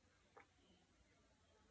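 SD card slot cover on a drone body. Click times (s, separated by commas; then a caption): 0.4 s. The plastic SD card slot cover on a DJI FPV drone body is slid back in and its top is pushed until it shuts. A single short, sharp click is heard at 0.4 s over a quiet background. The door is shut.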